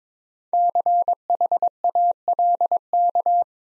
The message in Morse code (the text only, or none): CHALK